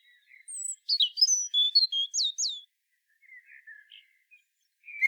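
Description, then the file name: Common blackbird song made mostly of high squeaky, slurred notes in quick succession, followed by quieter soft warbles and a final downward note. "Turdus merula"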